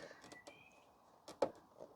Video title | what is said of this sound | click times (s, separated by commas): BMW 325i (E36) - Step by step indicator bulb change | hold that get a nice little click | 1.4 s